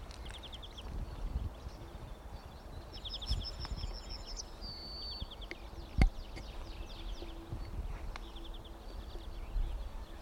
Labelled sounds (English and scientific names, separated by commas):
Yellowhammer (Emberiza citrinella)